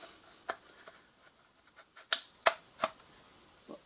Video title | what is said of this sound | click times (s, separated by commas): Day 4 in the 14 days to be a better shooter series | but the front lug isn't seated but it's it's let's say it's night time you didn't | 2.1 s